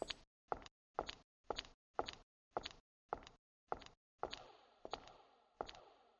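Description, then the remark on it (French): A door being closed manually, its automatic closing disabled by motion detectors, heard as a steady series of about eleven sharp mechanical clunks, roughly two per second, the last few ringing longer and running into each other. No voices. “Je vais devoir refermer la porte manuellement.”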